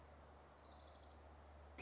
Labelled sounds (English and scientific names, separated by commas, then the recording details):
Orange-crowned Warbler (Leiothlypis celata)
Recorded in Sonoma County, California